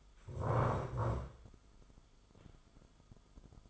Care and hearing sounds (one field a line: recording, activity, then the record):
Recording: daily activity, microphone in the room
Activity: stand up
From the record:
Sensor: 5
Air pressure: 1005.3 hPa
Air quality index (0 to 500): 106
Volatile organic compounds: 2 ppm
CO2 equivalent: 1298 ppm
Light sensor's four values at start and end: 34/79/32/30 and 34/79/32/30